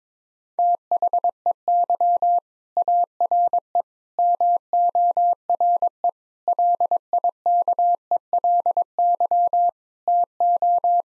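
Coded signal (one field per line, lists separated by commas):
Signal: Morse code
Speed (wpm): 22 wpm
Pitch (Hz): 700 Hz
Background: none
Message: THEY ARE MORE LIKELY TO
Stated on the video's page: Morse practice at 22 wpm: sentences of common five-word phrases, sent, spoken, then sent again, for head-copy training.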